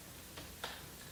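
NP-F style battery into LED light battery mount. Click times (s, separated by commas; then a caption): 0.6 s. A second NP-F style plastic battery is slid into the battery plate of a BOLING BL-50C 50W LED zoom lens spot light. A faint slide at about 0.4 s is followed by a small, sharp click at 0.6 s as the battery seats into the mount. It is then latched fully in place.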